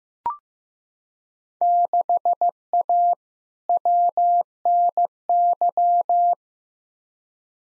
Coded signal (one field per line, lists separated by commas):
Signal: Morse code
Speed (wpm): 15 wpm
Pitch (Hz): 700 Hz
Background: none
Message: 6A WNY